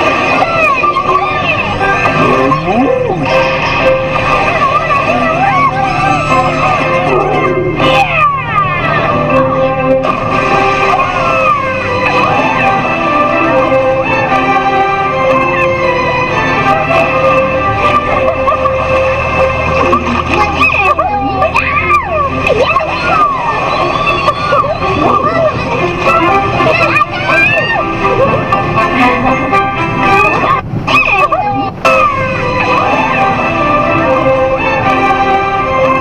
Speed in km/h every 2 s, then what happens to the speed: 73, 73, 73, 74, 74, 73, 72, 74, 77, 78, 79, 81, 84, 85, 82, 81, 81, 84.
0-12 steady at about 73. 12-24 speeds up to 84. 24-36 steady at about 82.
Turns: none.